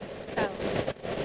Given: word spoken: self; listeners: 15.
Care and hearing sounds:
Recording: one English word in noise, from a listening test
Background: noise modulated by three-talker babble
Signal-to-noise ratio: -7.7 dB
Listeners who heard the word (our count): 6 of 15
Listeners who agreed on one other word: 7 of 15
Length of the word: 0.85 s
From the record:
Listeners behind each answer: 7, 6, 1, 1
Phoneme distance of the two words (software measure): 7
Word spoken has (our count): 1 syllable, 4 phonemes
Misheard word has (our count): 1 syllable, 3 phonemes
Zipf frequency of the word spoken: 4.83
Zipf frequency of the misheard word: 5.22

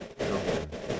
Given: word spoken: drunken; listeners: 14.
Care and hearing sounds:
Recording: one English word in noise, from a listening test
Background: noise modulated by three-talker babble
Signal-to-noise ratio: -7.8 dB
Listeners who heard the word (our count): 0 of 14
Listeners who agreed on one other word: 6 of 14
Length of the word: 0.60 s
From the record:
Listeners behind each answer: 6, 2, 2, 1, 1, 1, 1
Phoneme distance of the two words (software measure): 45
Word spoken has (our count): 2 syllables, 7 phonemes, stress on syllable 1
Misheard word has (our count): 2 syllables, 4 phonemes, stress on syllable 1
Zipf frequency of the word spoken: 3.53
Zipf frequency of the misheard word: 4.10

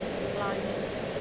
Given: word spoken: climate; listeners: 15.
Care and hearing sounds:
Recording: one English word in noise, from a listening test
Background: speech-shaped noise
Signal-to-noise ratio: -5.9 dB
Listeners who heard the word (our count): 0 of 15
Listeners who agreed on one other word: 8 of 15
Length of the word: 0.81 s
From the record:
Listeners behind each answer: 8, 2, 1, 1, 1, 1, 1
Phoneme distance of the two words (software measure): 37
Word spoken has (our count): 2 syllables, 6 phonemes, stress on syllable 1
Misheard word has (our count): 1 syllable, 5 phonemes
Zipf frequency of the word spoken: 4.47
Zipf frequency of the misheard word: 4.42

